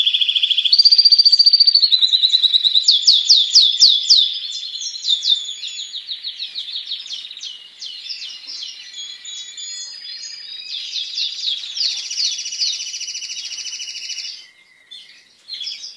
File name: canto do canario raca espanhola